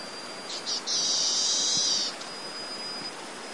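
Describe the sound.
Golden parrotbill call, a high, thin buzzing trill of about a second, with a couple of short ticks before it, over steady hiss.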